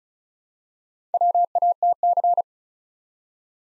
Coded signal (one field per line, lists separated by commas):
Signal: Morse code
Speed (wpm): 36 wpm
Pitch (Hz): 700 Hz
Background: none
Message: WATC